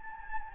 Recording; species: mosquito wingbeat signal from an infrared sensor; Anopheles gambiae